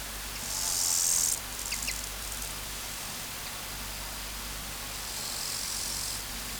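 Omocestus panteli grasshopper song: a strong, rasping high-pitched burst near the start, then a fainter, longer hissing phrase toward the end, with a low steady hum.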